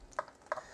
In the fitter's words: these hips should snap into place push the shoulders down just a little bit